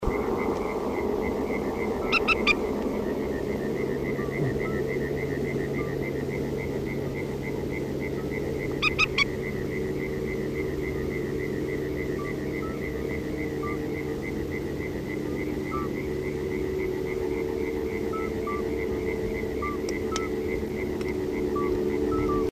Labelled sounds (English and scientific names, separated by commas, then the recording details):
Little Grebe (Tachybaptus ruficollis) call
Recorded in the wild
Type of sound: call
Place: Hangelstein, DE
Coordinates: 50.6058, 8.72694
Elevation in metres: 280
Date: 1964-05-06 22:00
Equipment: Uher Report 4000, AKG D190
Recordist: Krey, Winfried